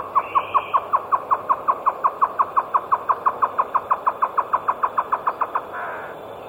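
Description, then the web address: Great antshrike song: a fast series of about thirty hollow, even notes, roughly five per second, ending in a short harsh nasal snarl. South America, eastern lowlands. "Natures Songs S America Eastern Lowlands Great Antshrike"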